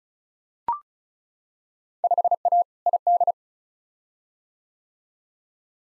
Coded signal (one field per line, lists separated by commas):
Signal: Morse code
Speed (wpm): 36 wpm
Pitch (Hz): 700 Hz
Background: none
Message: 5A ID